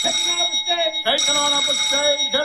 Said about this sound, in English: How are we for sound? Okay. All right. Are we up to speed? Right. Four bells.